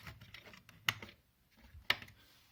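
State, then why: Seated. A plastic CPU air shroud is pushed gently down over the CPU cooler inside the case of a Dell Optiplex 7020 small form factor PC, during an airflow upgrade with a Noctua fan. Over faint handling rustles, two sharp clicks ring out at 0.9 and 1.9 seconds as the shroud's clips snap home. The shroud is confirmed seated in place.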